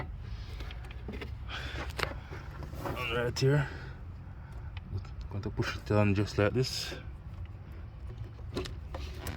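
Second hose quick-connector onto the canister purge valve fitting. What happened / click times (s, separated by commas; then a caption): A hose fitting is being handled and pushed toward place, but it has not yet seated / none. On a 2014 Ford Focus, the second hose quick-connector is being pushed by hand toward the canister purge valve fitting while someone talks over a low steady hum. Only light handling taps and rustles are heard, and nothing has seated or clicked yet.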